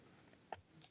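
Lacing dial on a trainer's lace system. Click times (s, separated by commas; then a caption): 0.5 s. The round plastic lacing dial on a trainer's lace system is lifted up to free the laces. A short, sharp pop-click sounds at 0.5 seconds, followed by a fainter click around 0.8 seconds. The dial has popped up and released the laces.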